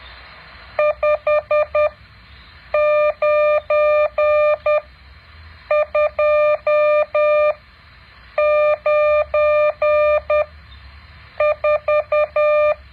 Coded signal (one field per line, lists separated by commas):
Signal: Morse code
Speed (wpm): 10 wpm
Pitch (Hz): 600 Hz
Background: none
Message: 59294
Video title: แบบฝึกหัด Morse code 9.7